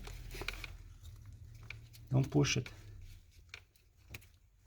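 During engine reassembly on a 2011 Acura MDX PCV valve replacement, a plastic wiring harness electrical connector is pushed by feel onto an engine sensor, with light handling taps and rustles while someone talks. The connector has not seated or clicked yet.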